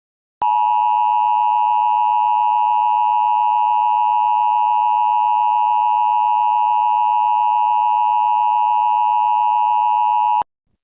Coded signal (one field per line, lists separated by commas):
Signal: Emergency Alert System (SAME) tones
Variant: 853 and 960 Hz attention tone